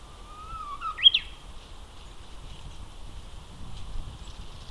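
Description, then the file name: Japanese bush warbler giving one phrase: a thin sustained whistle breaking into a loud, abrupt two-note ending, then quiet background hiss. Recorded at Akasaka on 2 April 2022. "uguisu 20220402 akasaka"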